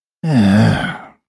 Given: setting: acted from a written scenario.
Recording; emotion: vocal sound without words; shame